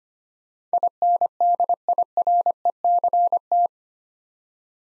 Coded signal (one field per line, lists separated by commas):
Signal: Morse code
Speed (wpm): 25 wpm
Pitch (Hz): 700 Hz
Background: none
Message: INDIRECT